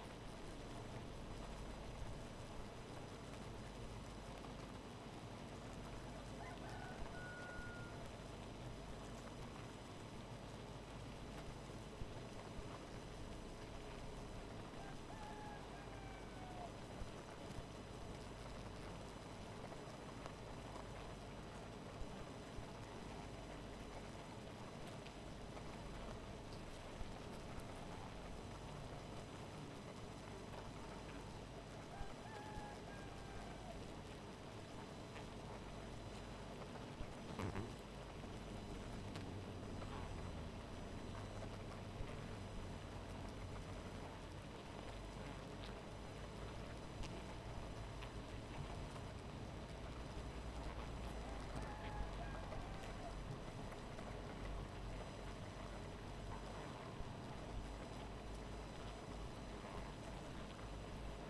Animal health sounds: honeybee colony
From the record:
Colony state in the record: missing queen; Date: 14 July 2017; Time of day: 2:21

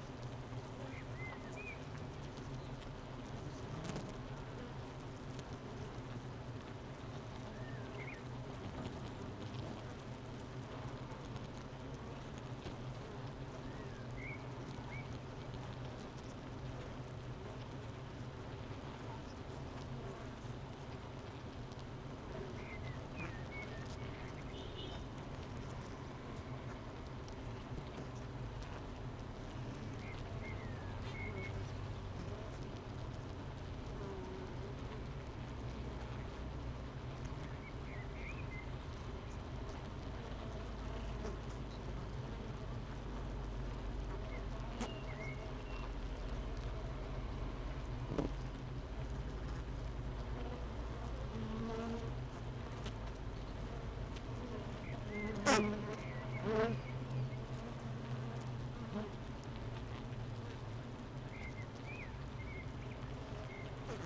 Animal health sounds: honeybee colony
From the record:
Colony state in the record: missing queen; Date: 31 May 2018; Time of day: 8:53

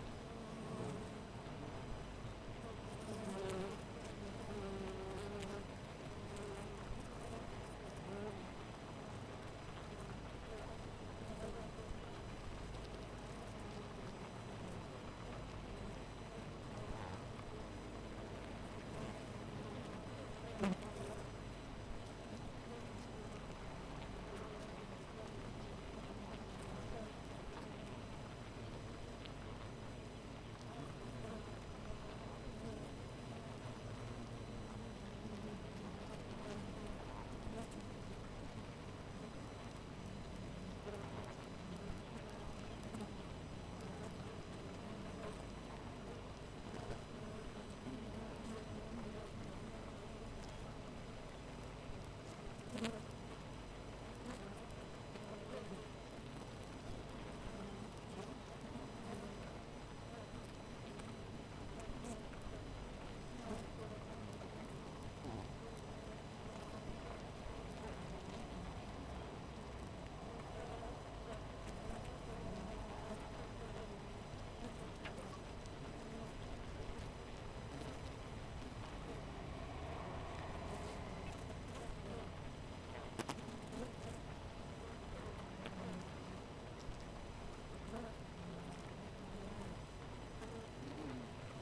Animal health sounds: honeybee colony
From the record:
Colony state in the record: missing queen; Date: 14 July 2017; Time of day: 5:22

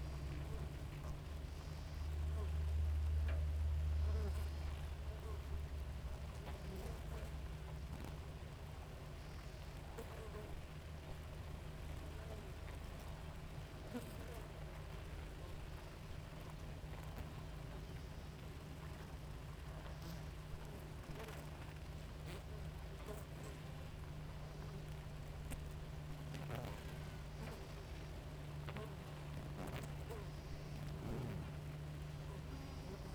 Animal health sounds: honeybee colony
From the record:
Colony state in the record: active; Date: 28 July 2017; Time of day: 5:42

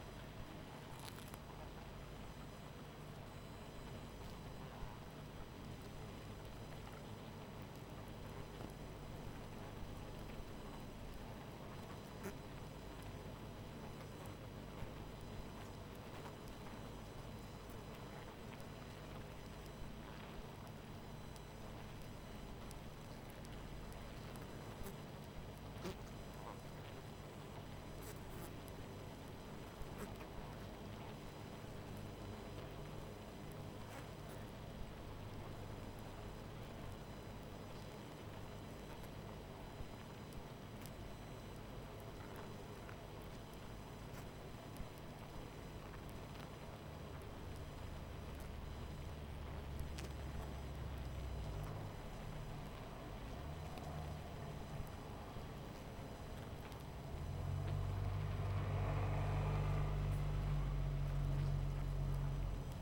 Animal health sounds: honeybee colony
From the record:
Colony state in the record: missing queen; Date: 14 July 2017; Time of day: 21:15

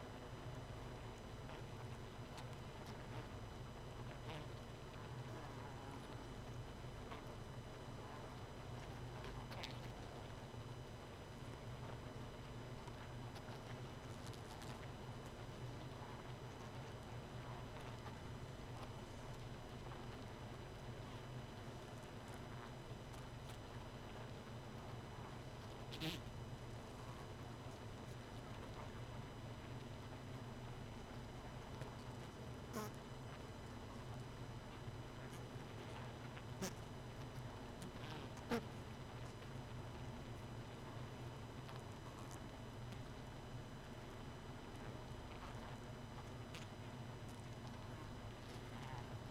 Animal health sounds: honeybee colony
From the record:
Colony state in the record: missing queen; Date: 31 May 2018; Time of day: 0:37

